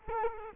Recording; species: mosquito wingbeat signal from an infrared sensor; Culex quinquefasciatus